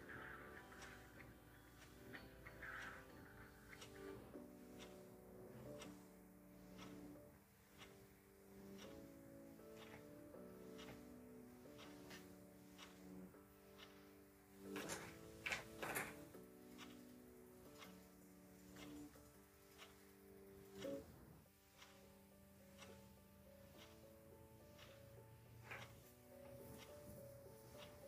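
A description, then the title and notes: A mellow lofi instrumental with steady sustained chords shifting every few seconds runs throughout. Regular ticks and soft keyboard clicks tap along the whole way. Louder clacks cluster around 15 to 16 seconds, with another sharp knock near 21 seconds. Ticking clock, keyboard, lofi music, kpop instr.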